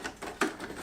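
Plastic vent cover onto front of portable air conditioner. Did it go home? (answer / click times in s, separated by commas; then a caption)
yes / 0.4 s. A plastic vent cover is snapped onto the front of an EcoFlow Wave 2 portable air conditioner. A softer tap at about 0.2 s precedes a sharp click at 0.4 s as the cover seats and locks into place. No one talks.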